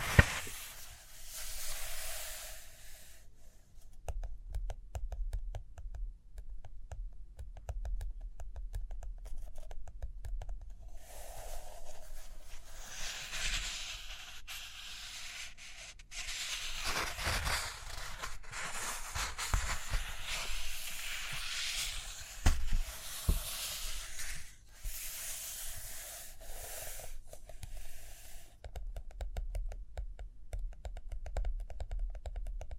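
Paper handling and tapping, with bursts of rustling and scratchy writing or drawing strokes that come and go across the half minute. Quiet gaps near 3–11 seconds hold soft taps, while busier stretches from about 11 to 28 seconds bring denser, brighter scraping and a few sharper knocks.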